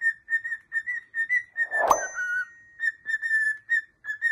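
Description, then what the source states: Cockatiel giving steady bursts of bright whistled notes, interrupted midway by a sudden noisy thump, then resuming the same rhythmic whistling. Several cockatiels singing and whistling.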